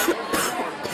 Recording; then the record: coughing mixed with background sound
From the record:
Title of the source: 30 Chesty and wet cough